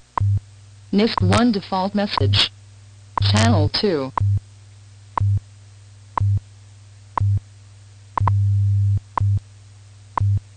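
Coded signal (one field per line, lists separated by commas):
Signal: radio time signal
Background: speech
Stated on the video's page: WWV text-to-speech announcement with an operational error, restricted 5 kHz audio bandwidth and transmitter clipping, received in Colorado.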